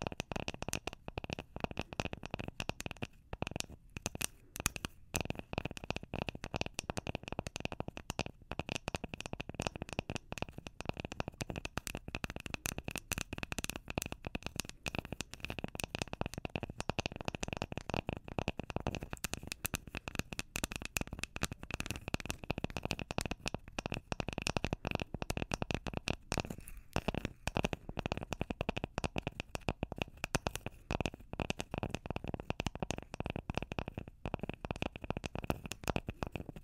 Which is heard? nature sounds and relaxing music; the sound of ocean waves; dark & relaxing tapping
dark & relaxing tapping